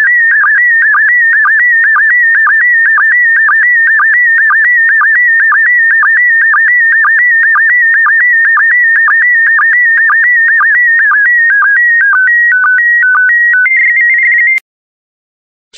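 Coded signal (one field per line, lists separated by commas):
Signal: SSTV (slow-scan television)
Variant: PD120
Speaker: complete. You can now check your decoded image against the picture that is shown on the video.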